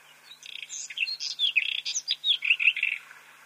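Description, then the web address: White-throated robin song: a quick, scratchy jumble of varied chirps and short whistles, some rising and some falling, running for about two and a half seconds. "Schulze Peter White-throated Robin song"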